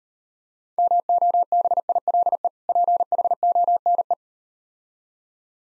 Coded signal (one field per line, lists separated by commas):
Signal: Morse code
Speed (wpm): 38 wpm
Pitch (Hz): 700 Hz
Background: none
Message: MOBILE PHONE